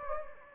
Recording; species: mosquito wingbeat signal from an infrared sensor; Anopheles gambiae